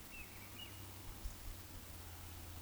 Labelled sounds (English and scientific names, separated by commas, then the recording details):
Eurasian Woodcock (Scolopax rusticola) whistle
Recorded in Baden-Württemberg, Germany, on 16 June 2021 at 19:40 UTC
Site 20675, 466 m above sea level